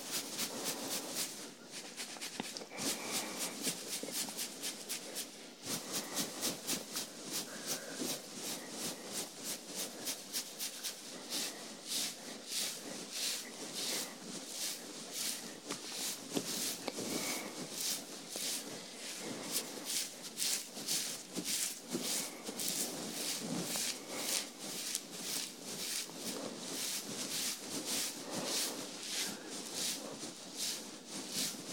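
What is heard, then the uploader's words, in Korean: Hair brushing and scalp massage: fast, scratchy bristle strokes repeat densely for the whole half minute, bright and hissy with little low end. The rhythm stays steady, pausing briefly around five seconds before the quick strokes resume and grow sharper later on. 토탈케어 F코스 ASMR (샴푸, 스킨케어, 두피마사지, 헤어브러싱).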